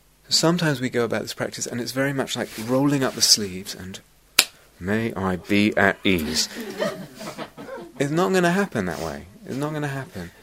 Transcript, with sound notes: Sometimes we go about this practice, and it's very much like rolling up the sleeves, and "May. I. Be. At. Ease." [laughter] It's not going to happen that way. It's not going to happen.